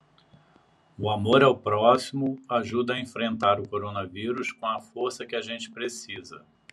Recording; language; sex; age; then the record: spoken sentence; Brazilian Portuguese; male; 60 to 69 years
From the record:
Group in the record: control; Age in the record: 60 years